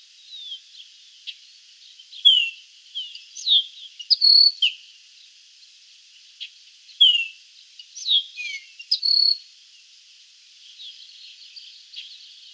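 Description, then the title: Baywing calls: bursts of sharp, high chirps and brief slurred whistles, grouped in clusters with short pauses between them. "LuckyPassaro Completos2Sama. Baywing (Agelaioides badius)"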